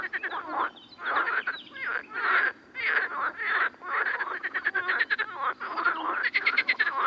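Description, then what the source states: Amphibian chorus of many overlapping rasping croaks, rising and falling in waves with short pauses, plus faint high ticking notes. Amphibian ambience.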